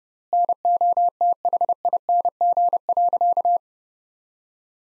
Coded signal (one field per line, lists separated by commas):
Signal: Morse code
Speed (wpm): 30 wpm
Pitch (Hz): 700 Hz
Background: none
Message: NOTHING.